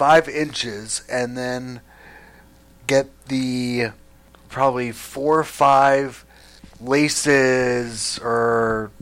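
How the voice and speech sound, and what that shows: Adult male stroke survivor with aphasia: halting speech with word-finding difficulty, long pauses of up to a second between short phrases, drawn-out sounds and trailing, unfinished phrases.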